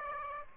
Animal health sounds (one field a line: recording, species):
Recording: mosquito wingbeat signal from an infrared sensor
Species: Aedes aegypti